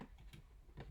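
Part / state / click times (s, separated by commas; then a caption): 24-pin power plug into motherboard / not seated / none. A 24-pin ATX power plug is being handled and pushed toward its socket on a motherboard, producing a few faint ticks and light plastic contact sounds over a low background hum. Nothing has seated or clicked yet.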